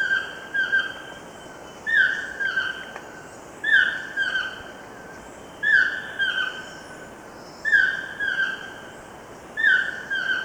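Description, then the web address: Chestnut-tipped toucanet repeating grouped nasal, croaking downslurred notes in bursts about every two seconds, with faint background hiss. Recorded in Ecuador. "Natures Songs S America Birds of Ecuador. Chestnut-Tipped Toucanet"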